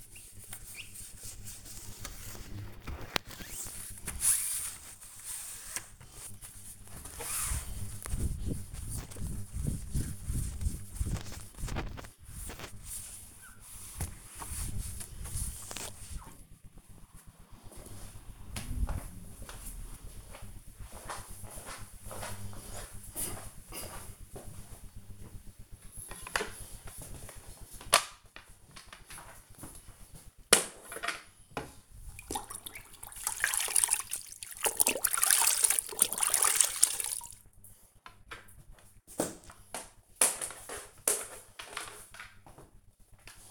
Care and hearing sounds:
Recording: household activities, microphone on the right wrist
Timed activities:
0.00-17.15 s: window cleaning
25.21-43.51 s: floor cleaning

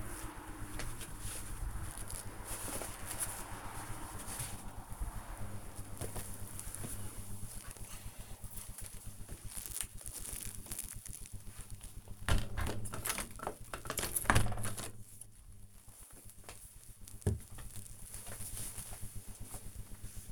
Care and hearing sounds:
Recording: household activities, microphone on the right wrist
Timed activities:
0.00-12.89 s: window cleaning

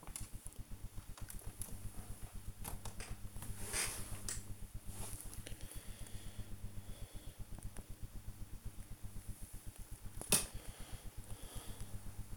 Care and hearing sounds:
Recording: household activities, microphone on the right wrist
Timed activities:
0.00-12.37 s: working on the computer

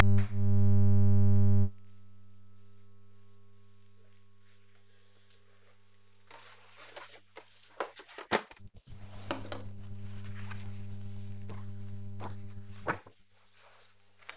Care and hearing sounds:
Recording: household activities, microphone on the right wrist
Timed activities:
8.21-14.37 s: drawing

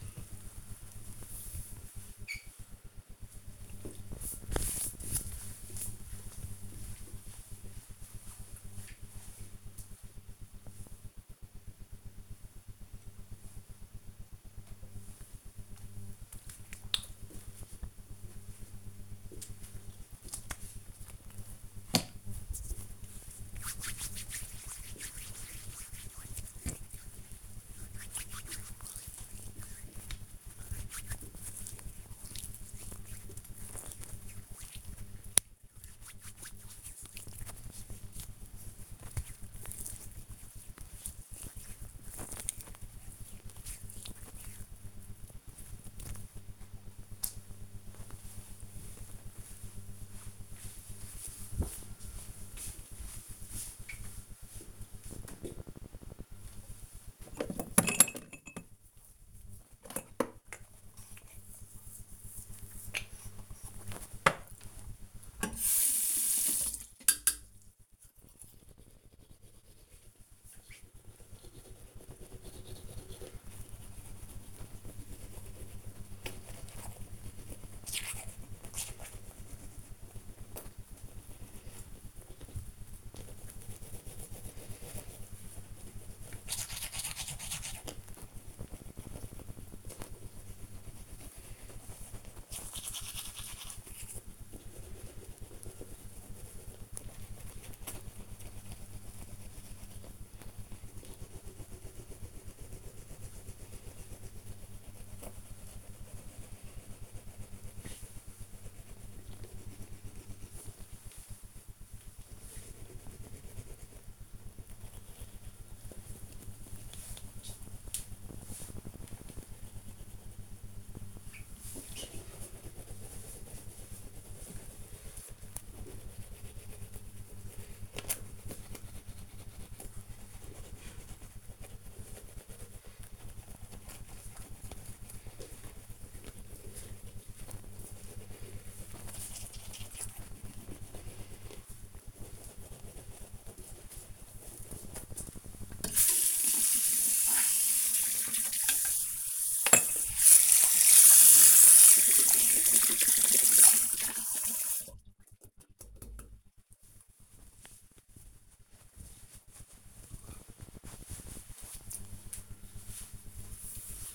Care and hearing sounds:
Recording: household activities, microphone on the right wrist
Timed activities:
14.64-45.77 s: cream hands
55.82-156.35 s: brushing teeth

